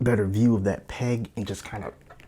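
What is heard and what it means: Someone talks while handling the plastic left arm of a build-a-figure, lining it up with the shoulder peg on the action figure's torso. Only faint small ticks follow the speech near the end, and nothing has seated or clicked yet.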